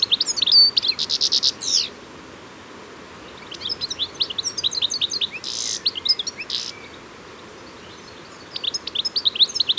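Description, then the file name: European goldfinch giving buzzy trills and liquid twittering phrases in three bursts separated by quiet gaps, with a light background hiss. "Carduelis carduelis"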